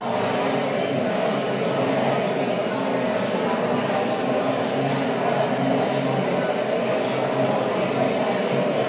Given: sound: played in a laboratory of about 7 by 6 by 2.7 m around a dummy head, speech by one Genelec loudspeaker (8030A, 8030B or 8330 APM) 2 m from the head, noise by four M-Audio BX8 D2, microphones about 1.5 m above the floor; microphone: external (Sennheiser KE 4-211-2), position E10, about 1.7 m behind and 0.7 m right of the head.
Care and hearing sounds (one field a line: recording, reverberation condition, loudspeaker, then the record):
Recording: babble noise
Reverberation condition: high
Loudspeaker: four, about 170 cm from the corners of the room and facing them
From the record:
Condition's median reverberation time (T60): about 1300 ms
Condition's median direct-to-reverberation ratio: about -4.0 dB